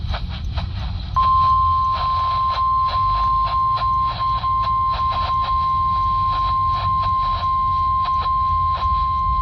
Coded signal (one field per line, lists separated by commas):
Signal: Emergency Alert System (SAME) tones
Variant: 1050 Hz attention tone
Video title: (EAS "#764") CAE Severe Thunderstorm Warning from KHC27 (Rock Hill, SC) - 5/29/2025